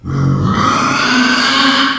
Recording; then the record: squeal of a Yucatan mini pig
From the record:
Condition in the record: after surgery on the right vocal fold (resection and tissue-engineered implant); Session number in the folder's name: 15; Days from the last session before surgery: 175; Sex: female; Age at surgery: 19 weeks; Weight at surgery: 25 kg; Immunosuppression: prednisolone